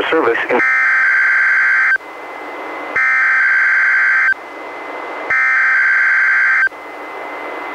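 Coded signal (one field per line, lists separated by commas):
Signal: Emergency Alert System (SAME) tones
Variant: header bursts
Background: speech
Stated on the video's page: Required weekly tests relayed by a NOAA weather radio station, recorded from a weather radio receiver through an audio recorder.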